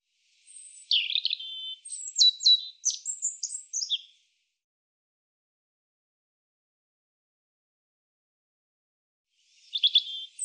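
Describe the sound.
European robin song: a burst of high twittering notes and warbles for about four seconds, a long silence, then another phrase begins.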